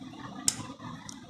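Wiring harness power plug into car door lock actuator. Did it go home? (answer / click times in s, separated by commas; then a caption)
yes / 0.5 s. A plastic power plug connector from the wiring harness is pushed onto the door lock actuator of a VW Golf/Jetta Mk5 and clicks at 0.5 s, showing it is seated and secured. A fainter tick follows at 1.1 s over low background noise.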